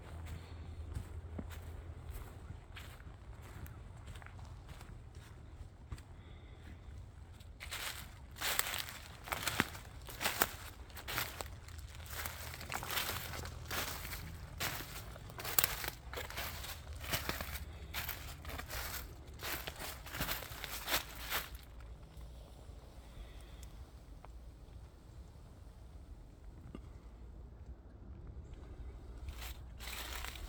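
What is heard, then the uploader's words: Footsteps crunch along a hiking trail, sparse at first, then thick and loud from about 8 to 21 seconds with sharp bright crackles like dry leaves or gravel. Afterward the steps thin out, leaving a steady low rumble underneath throughout. Hiking around near Washington's Crossing.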